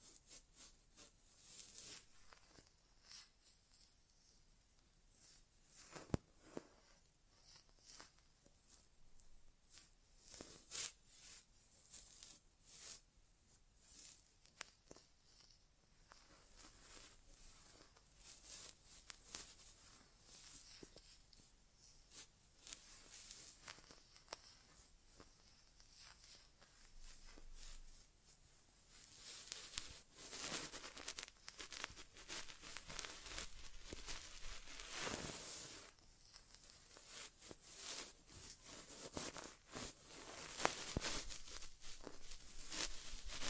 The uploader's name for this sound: ASMR Inner Ear Exam (No Talking)